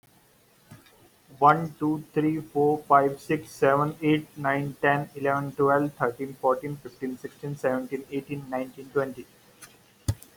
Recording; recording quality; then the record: counting at a fast pace; excellent, no background noise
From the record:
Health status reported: healthy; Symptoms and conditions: none ticked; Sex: male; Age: 32 years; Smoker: not ticked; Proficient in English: yes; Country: India